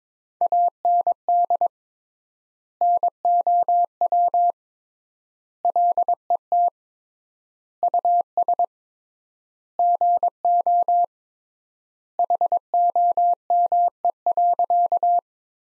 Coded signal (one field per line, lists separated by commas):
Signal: Morse code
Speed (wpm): 22 wpm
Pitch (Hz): 700 Hz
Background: none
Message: AND NOW LET US GO HOME.